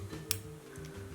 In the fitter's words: snaps into place,